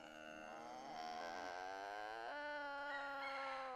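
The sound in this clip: Binturong making a soft, steady, harmonic howl that shifts upward in pitch partway through, against a constant low hiss.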